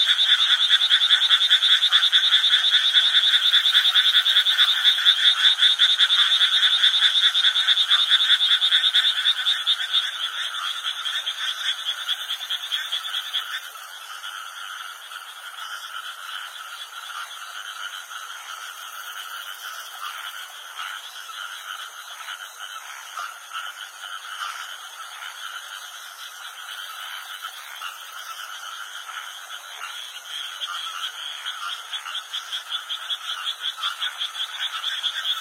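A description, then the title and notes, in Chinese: A dense, steady chorus of frogs croaking among rice fields fills the whole recording, a fast rattling trill with bright, high voices. The calling is loudest for the first ten seconds or so, then settles to a softer, even chorus. 稻花香里蛙鸣声。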